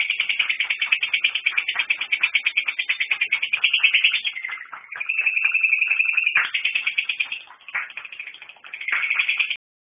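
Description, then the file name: Lovebird giving a rapid, buzzy chatter of harsh repeated notes, breaking into a steady drawn-out screech midway before the fast chattering resumes. "audio lovebird olivia"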